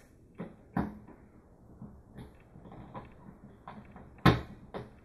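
A piston housing is pressed down onto the aluminum Tippmann Cyclone feed assembly of a paintball marker, fitted with a Lapco ratchet mod, while the donut is pushed in. Several soft knocks and handling taps are heard first. A loud, sharp snap at 4.3 s marks the housing locking into place, followed by a lighter knock.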